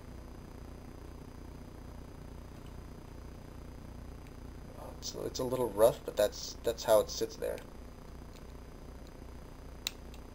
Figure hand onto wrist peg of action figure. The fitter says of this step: just like that you'll hear it snap